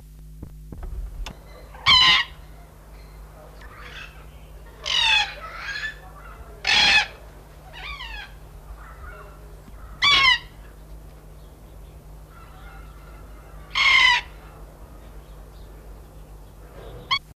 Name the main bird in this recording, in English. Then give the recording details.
Red-tailed Black Cockatoo. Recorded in captivity. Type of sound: call. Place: Zoo Rotterdam, NL. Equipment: Halbspur, 9,5 cm/s. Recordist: Lütgens, Hans. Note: Rufe